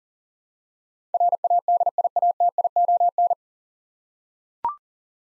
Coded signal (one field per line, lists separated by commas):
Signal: Morse code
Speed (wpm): 40 wpm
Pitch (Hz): 700 Hz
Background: none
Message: RADIATION